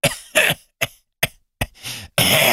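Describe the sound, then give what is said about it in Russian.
A violent coughing fit from a crippled person lying in a hanging hammock on board a ship, shaking the hammock: a rapid string of harsh, loud barking coughs in uneven bursts, building into a longer, rasping hack at the end. No one speaks. “На этот раз приступ кашля был таким сильным, что подвесная койка заходила ходуном, и обитатель болтался внутри, словно камень, готовый вылететь из раскрученной прощи.”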